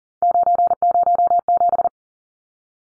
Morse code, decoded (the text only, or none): 907